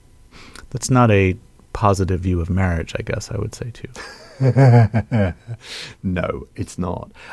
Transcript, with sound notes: That's not a positive view of marriage, I guess I would say, too.
(Laughter) No, it's not.